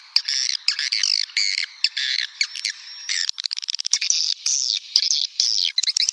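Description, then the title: Swiftlet chatter with harsh, buzzy chirps in quick bursts, broken by short gaps and a run of fast clicks in the middle. "Suara Burung Wallet"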